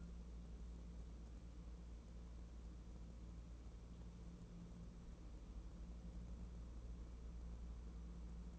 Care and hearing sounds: daily activity, microphone in the room; wipe stove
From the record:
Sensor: 1

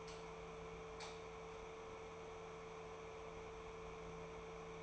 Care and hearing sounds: daily activity, microphone in the room; light on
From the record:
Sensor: 1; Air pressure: 1014.6 hPa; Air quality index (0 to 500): 174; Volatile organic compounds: 14 ppm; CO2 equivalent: 2470 ppm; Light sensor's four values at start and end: 28/69/29/35 and 40/105/43/52

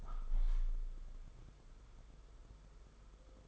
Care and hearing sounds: daily activity, microphone in the room; open window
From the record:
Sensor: 5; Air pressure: 991.4 hPa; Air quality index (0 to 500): 103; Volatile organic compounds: 19 ppm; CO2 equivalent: 2656 ppm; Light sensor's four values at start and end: 38/124/47/50 and 39/125/47/50

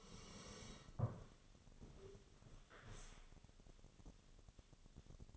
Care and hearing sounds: daily activity, microphone in the room; sit down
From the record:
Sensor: 4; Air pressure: 1001.2 hPa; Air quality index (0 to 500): 180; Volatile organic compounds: 2 ppm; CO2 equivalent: 1297 ppm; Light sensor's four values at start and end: 13/31/12/13 and 14/31/13/13

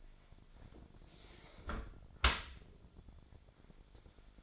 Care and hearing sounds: daily activity, microphone in the room; close dishwasher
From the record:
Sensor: 5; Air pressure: 1006.8 hPa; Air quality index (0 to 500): 183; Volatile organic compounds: 5 ppm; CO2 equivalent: 1747 ppm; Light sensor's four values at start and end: 52/145/57/57 and 51/142/56/56

